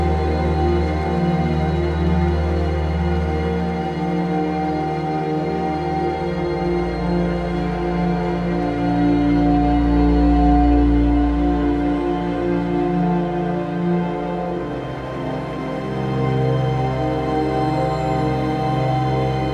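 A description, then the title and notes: A distant planet ambience built from a thick, steady drone of many held tones stacked from deep bass to a faint high shimmer. A low rumble swells between about 7 and 12 seconds, while the overall level stays even throughout with only gentle rises and dips. Distant Planet Ambience.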